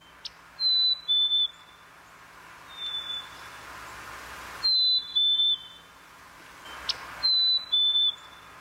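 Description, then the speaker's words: Black-capped chickadee whistling its clear two-note song, a higher note then a slightly lower one, three times with pauses, plus a fainter single whistle. Springtime call likened to 'cheeseburger' or 'hey, sweetie'. "They also make a springtime call that sounds like cheeseburger or hey, sweetie."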